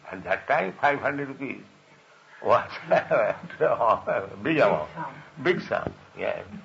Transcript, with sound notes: at that time five hundred rupees was (laughing) big amount.
A big sum.
Big sum, yes.